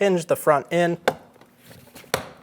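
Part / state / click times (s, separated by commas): plastic light fixture into the door panel opening / seated / 2.1 s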